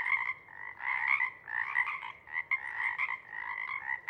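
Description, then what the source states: Pacific chorus frogs croaking in an overlapping chorus that rises and falls in loudness. Pacific chorus frog (Pseudacris regilla) chorus at a pond in the pre-morning twilight as the late night wanes; the chorus waxes and wanes.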